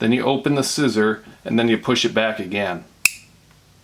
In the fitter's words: There. Nice audible click.